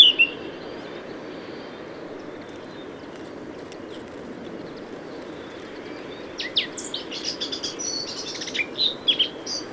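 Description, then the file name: Eurasian blackcap song, mostly quiet at first, then a brief warbled phrase with clear whistled notes arriving in the last few seconds. "Sylvia atricapilla"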